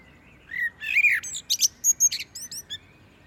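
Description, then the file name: Common blackbird song: a rich fluted opening that falls away, followed by a long, scratchy, high twittering run of short notes. "Turdus merula"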